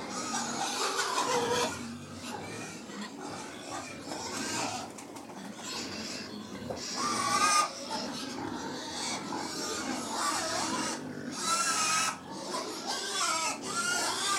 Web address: The BBC Sound Effects Library - Livestock 100 Pigs Feeding